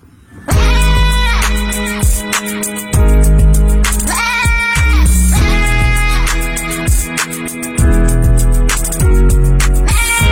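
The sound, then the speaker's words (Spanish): A goat, one met in Ica, bleats loudly in a long series of about five drawn-out, wavering cries, each quavering and nasal, following one another almost without pause and with no talking. “Dimitri es una cabra que conocimos en Ica.”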